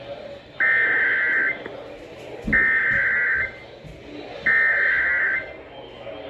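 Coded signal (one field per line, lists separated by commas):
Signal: Emergency Alert System (SAME) tones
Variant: header bursts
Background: speech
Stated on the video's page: Alert tones from a particularly dangerous situation tornado watch.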